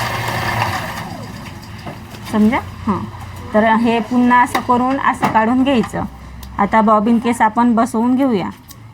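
A bobbin case is being handled for fitting into a picot sewing machine, where its tip is pressed in from the upper side and a snap means it is in place. A low mechanical whir fades over the first two seconds, then someone talks through the rest of the clip. Nothing has seated or clicked yet by the end.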